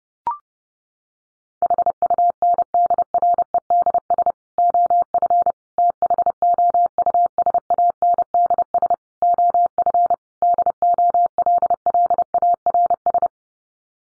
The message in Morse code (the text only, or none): HUNDREDS OF THOUSANDS OF DOLLARS